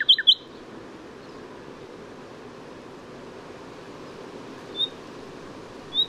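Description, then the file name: Common nightingale with a quick burst of sharp notes at the start, then a pause and two thin high whistles, against a constant rushing background hiss. "Luscinia megarhynchos"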